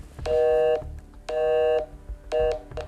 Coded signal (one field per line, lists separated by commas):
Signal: telephone call progress tone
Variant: North America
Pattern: busy tone